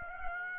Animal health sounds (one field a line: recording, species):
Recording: mosquito wingbeat signal from an infrared sensor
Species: Aedes aegypti